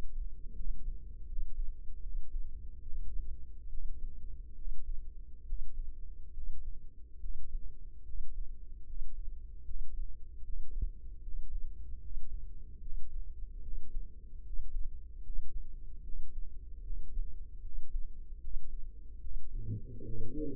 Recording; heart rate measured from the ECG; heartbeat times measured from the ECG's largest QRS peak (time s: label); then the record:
heart sounds by microphone in the left ear; 74 bpm
0.54 s: heartbeat
1.26 s: heartbeat
2.02 s: heartbeat
2.82 s: heartbeat
3.69 s: heartbeat
4.55 s: heartbeat
5.45 s: heartbeat
6.33 s: heartbeat
7.19 s: heartbeat
8.04 s: heartbeat
8.85 s: heartbeat
9.64 s: heartbeat
10.43 s: heartbeat
11.22 s: heartbeat
12.00 s: heartbeat
12.81 s: heartbeat
13.62 s: heartbeat
14.42 s: heartbeat
15.22 s: heartbeat
16.03 s: heartbeat
16.84 s: heartbeat
17.62 s: heartbeat
18.40 s: heartbeat
19.20 s: heartbeat
20.04 s: heartbeat
From the record:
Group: healthy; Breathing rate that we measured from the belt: 18 breaths a minute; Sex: male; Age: 35 years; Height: 178 cm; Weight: 64 kg